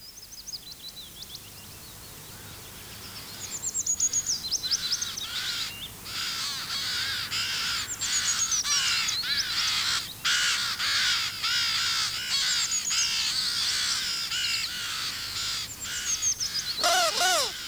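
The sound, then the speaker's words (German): Ravens sitting on the branches of a tree at a bend in the road at Monterey: loud, harsh caws repeat in a dense, overlapping series, several birds calling over and over with rough, grating cries. No one speaks; a low steady hum runs beneath the calls. “Raben sitzen auf den Zweigen, aber eigentlich sind es Gespenster.”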